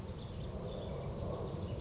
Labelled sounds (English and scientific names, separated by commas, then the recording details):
Blue-gray Gnatcatcher (Polioptila caerulea)
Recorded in Sonoma County, California